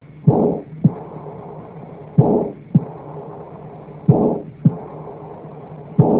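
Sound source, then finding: Heart by stethoscope. Systolic and diastolic murmur (aortic insufficiency).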